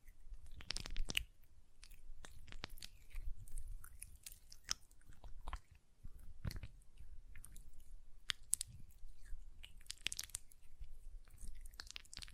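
Hand sounds with nail tapping and lotion: irregular sharp taps and crisp crackles, some moist squishing, scattered throughout with brief pauses.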